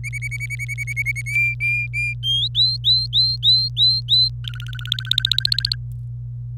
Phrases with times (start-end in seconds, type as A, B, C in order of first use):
0.04-1.22 A, 1.26-2.14 B, 2.23-2.48 C, 2.54-4.29 D, 4.44-5.75 E